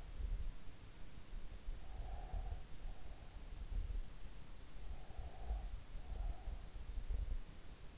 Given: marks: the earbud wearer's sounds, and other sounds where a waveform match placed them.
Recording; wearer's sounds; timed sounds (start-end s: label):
sounds in sleep by an in-ear microphone; breath
1.81-2.89 s: breath
4.84-6.69 s: breath